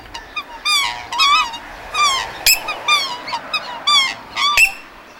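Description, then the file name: Waterfowl giving nasal, harmonic honking calls in quick bursts, with a few sharp clicks between calls. "Waterfowl Freejazz Attack"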